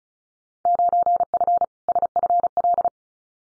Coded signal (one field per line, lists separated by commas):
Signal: Morse code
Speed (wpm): 34 wpm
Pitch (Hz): 700 Hz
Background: none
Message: 9F SFL